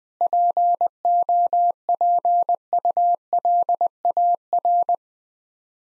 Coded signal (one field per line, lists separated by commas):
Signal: Morse code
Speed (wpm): 20 wpm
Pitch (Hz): 700 Hz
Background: none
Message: POPULAR